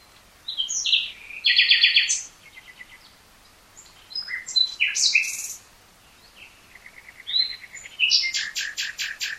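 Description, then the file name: Common nightingale delivering varied phrases: a pulsing trill, sharp whistles and a fast rattling series of notes near the end. "Luscinia megarhynchos"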